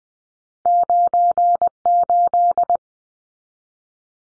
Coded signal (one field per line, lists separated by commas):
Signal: Morse code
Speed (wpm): 20 wpm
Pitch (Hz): 700 Hz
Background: none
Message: 98